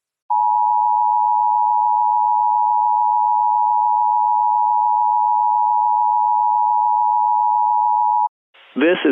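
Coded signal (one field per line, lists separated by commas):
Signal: Emergency Alert System (SAME) tones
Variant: 853 and 960 Hz attention tone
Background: speech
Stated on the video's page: Reenactment mock with valid tones for a High Wind Warning issued by the National Weather Service in Brownsville, Texas.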